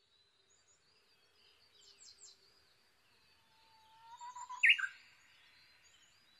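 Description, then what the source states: Japanese bush warbler song, faint: a rising whistle leading into a short loud flourish; scattered chirps from other birds precede it. Recorded on 22 May 2011 at 05:43.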